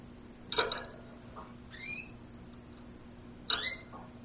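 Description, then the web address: Bird chirps, two sharp clicky bursts each followed by softer notes, with a low steady hum. "sounds aves"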